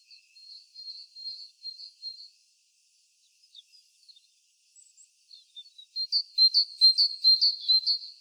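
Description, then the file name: Great tit calling: soft high notes at first, a quiet pause, then a louder run of rapid, sharp, high-pitched notes near the end. "Parus major"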